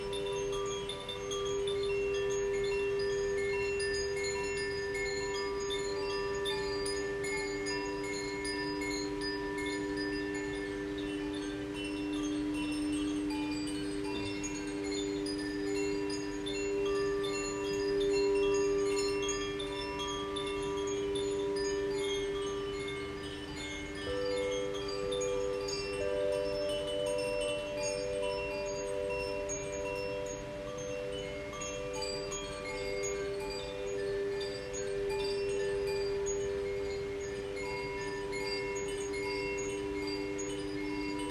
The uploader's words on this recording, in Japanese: 倍音の調べ チャイムとクリスタルボウル演奏。川のせせらぎ、森の中でクリスタルボウルに合わせてチャイムを奏でました。コシチャイム #ザフィアチャイム。